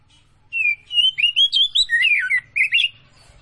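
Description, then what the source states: Oriental magpie-robin song: one rapid phrase of sliding whistles and chirps rising and falling, with a faint low hum underneath. Kacer Tretes type, singing prolifically (gacor).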